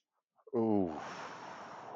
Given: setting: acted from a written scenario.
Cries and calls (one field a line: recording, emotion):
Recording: vocal sound without words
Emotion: desire